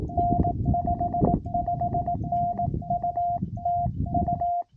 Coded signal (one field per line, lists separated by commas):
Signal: Morse code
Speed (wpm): 19 wpm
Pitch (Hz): 700 Hz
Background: radio noise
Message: N 55N UT U